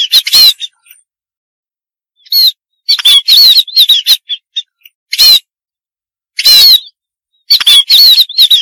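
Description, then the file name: Munia calls arrive in separate bouts: rough, noisy squawks combined with undulating high whistles, with silent pauses of about a second between groups. "suara burung pipit"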